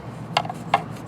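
A hinge piece on a new aftermarket front bumper for a John Deere riding lawn tractor (LT133, LT150, LT155, LT160, LT166, LT170) is handled and pushed on. Short, sharp clicks and rattles sound at about 0.4, 0.5, 0.7 and 1.1 s over a low steady background. Nothing has seated or snapped into place yet.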